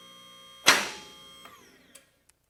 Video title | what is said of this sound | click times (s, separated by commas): Installing Your Lift - Part 4 | and so now I'll turn it on and you'll listen to the lock and you'll hear the one click | 0.7 s